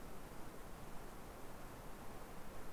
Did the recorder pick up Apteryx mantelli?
no